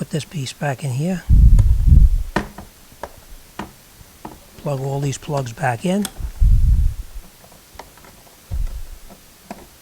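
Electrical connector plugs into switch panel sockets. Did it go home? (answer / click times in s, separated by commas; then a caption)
no / none. Someone talks while handling the electrical connector plugs going back into the switch panel sockets from underneath, during a fuel door repair on a 2008 Hyundai Santa Fe, with a few short, sharp knocks and taps of plastic parts between the speech. The clip ends before the plugs go home, so nothing has seated or clicked yet.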